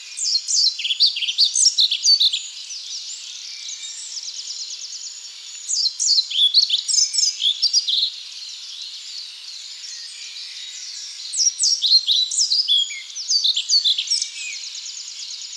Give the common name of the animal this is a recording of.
European Pied Flycatcher